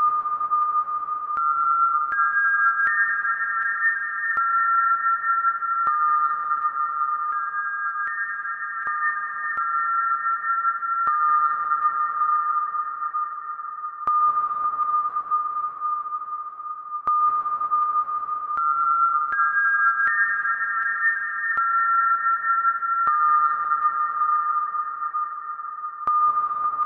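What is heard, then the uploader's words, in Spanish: A steady pure tone at 1214 Hz sounds throughout at a constant level. Twice, from about 2 to 14 seconds and again from 19 seconds on, higher tones join in steps, stacking into a brighter chord before dropping away. Faint clicks occasionally interrupt. Frecuencia - 1214 Hz.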